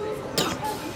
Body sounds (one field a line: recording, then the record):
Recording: coughing mixed with background sound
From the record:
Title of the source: Wet coughing